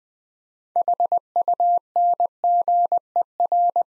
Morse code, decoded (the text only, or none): HUNGER